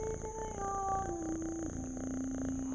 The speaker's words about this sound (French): Excepté un chat qui se dandine sur la route de Marathon. Le vieux matou prend le frais. Il se sent si bien.